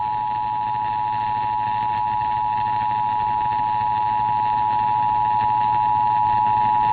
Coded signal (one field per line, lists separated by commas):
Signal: Emergency Alert System (SAME) tones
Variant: 853 and 960 Hz attention tone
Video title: EAS Required Monthly Test Southwest Michigan (WBCH AM/FM) +WeatherSTAR4000